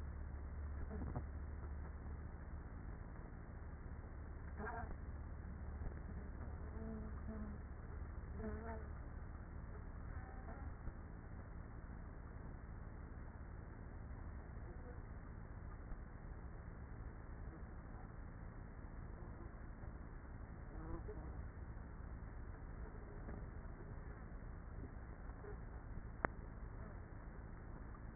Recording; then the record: honeybee colony, microphone inside the hive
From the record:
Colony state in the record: queenless with a low population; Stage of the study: after two queens were removed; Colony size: about 30,000 bees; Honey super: no